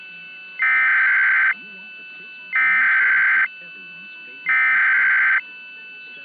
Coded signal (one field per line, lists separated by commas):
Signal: Emergency Alert System (SAME) tones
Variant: header bursts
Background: speech